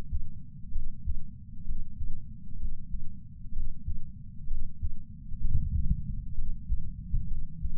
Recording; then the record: heart sounds by patch sensor on the chest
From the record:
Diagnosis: coronary artery disease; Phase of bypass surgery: intraoperative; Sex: male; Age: 69 years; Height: 165 cm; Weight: 60 kg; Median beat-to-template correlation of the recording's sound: 0.76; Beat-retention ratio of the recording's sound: 0.99